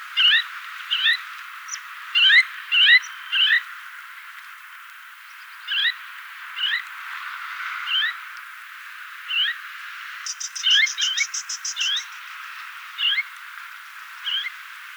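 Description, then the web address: Crested lark giving short, clear, upslurred whistled notes, singly and in quick pairs, repeated irregularly; a brief high buzzy trill sounds later on. "galerida cristata call"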